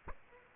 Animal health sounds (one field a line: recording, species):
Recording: mosquito wingbeat signal from an infrared sensor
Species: Aedes aegypti